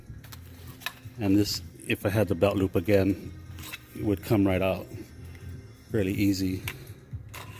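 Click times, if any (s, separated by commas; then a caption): 7.4 s. A fixed-blade knife is reinserted into a Kydex sheath while someone talks, with a few faint small clicks early on. The knife snaps into the sheath with a sharp click at 7.4 seconds, seating firmly.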